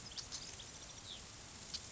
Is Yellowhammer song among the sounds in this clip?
no